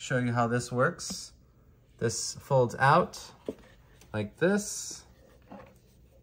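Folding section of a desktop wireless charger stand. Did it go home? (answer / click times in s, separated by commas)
yes / 5.5 s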